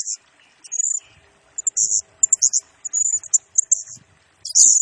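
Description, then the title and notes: Blue-crowned hanging parrot song, rapid, piercing high chirps and short buzzy trills delivered almost continuously, ending in a loud burst. Masteran lure and training song of a Serindit singing actively in rapid-fire 'nembak' style, used to train and attract other birds, said to stir up all birds. "Burung Serindit Nembak Gacor Bikin Emosi Semua Burung. Suara Nasteran Dan Pemikat Burung Serinditan Gacor"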